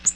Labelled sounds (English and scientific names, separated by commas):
Nashville Warbler (Leiothlypis ruficapilla) flight call